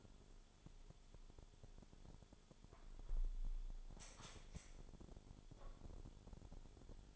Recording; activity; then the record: daily activity, microphone in the room; close window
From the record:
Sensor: 5